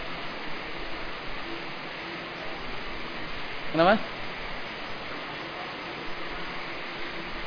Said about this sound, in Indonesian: Lagi hujan lagi.